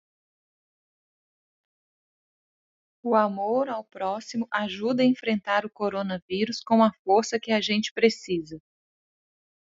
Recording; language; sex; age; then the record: spoken sentence; Brazilian Portuguese; female; 30 to 39 years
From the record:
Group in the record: control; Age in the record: 34 years